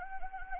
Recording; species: mosquito wingbeat signal from an infrared sensor; Anopheles gambiae